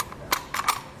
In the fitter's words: what we're gonna do is just push up until we hear it click in there